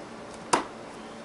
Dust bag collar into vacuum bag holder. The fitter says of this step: So when you put the bag in, you're going to listen for a click.